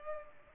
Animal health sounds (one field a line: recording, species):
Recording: mosquito wingbeat signal from an infrared sensor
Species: Culex pipiens